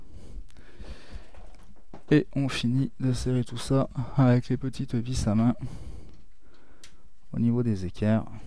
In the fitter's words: appuie jusqu'à entendre le petit clac.